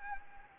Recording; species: mosquito wingbeat signal from an infrared sensor; Anopheles gambiae